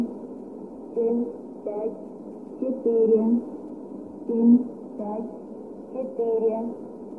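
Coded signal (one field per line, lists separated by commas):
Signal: numbers station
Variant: S06s Russian Lady, Russian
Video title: 09 01 2018 Numbers station S06s Russian Lady in Russian to Eu 1110 on 5975 unknown tx site in CUSB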